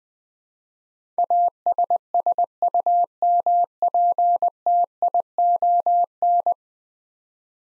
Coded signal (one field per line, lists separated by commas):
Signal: Morse code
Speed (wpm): 20 wpm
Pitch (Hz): 700 Hz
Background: none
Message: ASSUMPTION